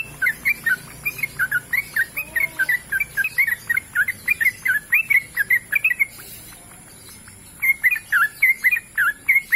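Bird song of loud repeated chirps for about six seconds, a brief silence, then the chirping starts again.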